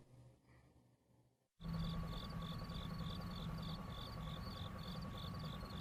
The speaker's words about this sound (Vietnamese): Tiếng dế kêu đầy ngoài bụi dâm bụt.